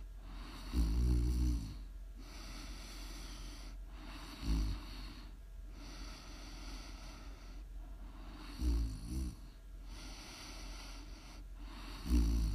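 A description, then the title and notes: Someone snores in slow, rough, low rattling bursts, the loudest near one, four and a half, nine and twelve seconds. Between snores a steady airy hiss of breathing rises and falls, broken by brief quiet pauses every couple of seconds. ASMR Snoring.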